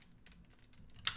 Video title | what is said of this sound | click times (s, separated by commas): Conversion Conversations: Takara Legends LG EX Big Powered | And there's a click that you should be able to feel. | 1.1 s